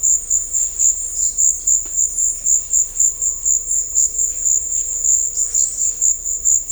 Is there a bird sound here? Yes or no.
yes